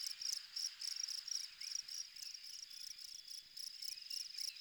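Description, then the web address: Insects chirping in a steady high-pitched chorus, with rapid pulsed trills pulsing several times a second over a continuous shrill drone; no other clear sounds. Exterior insect ambience. "Soulframe Sounds Ambience Insect Loops Insect Loop Exterior"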